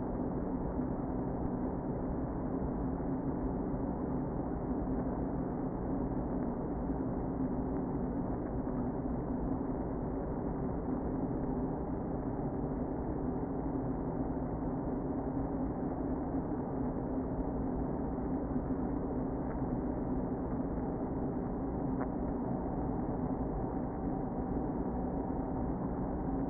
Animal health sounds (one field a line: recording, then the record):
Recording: honeybee colony, microphone inside the hive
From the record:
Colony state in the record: queen present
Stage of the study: before two queens were removed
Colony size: about 60,000 bees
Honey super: yes